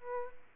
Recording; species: mosquito wingbeat signal from an infrared sensor; Aedes aegypti